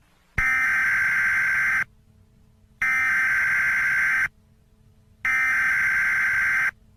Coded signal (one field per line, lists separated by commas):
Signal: Emergency Alert System (SAME) tones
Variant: header bursts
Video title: Remains: A Zombie Virus EAS Scenario